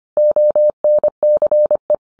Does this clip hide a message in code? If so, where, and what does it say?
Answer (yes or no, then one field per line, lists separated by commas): yes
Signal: Morse code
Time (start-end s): 0.2-1.9 s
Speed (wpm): 25 wpm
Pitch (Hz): 600 Hz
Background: none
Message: ONCE